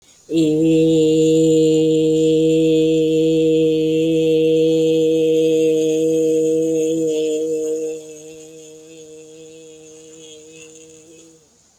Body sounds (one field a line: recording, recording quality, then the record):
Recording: sustained vowel as in made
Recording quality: excellent, no background noise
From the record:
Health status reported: healthy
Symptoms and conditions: none ticked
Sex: female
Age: 60 years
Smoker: not ticked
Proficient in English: yes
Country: India